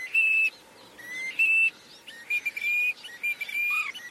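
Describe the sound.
Bird calls, clear high whistles, some level and some slightly rising, repeated in uneven bursts with softer chattering notes between them.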